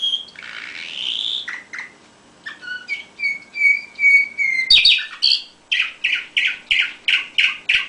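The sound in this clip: Canary song: a rising buzzy whistle, then steady repeated whistled notes, shifting into a fast rhythmic run of bright chirps.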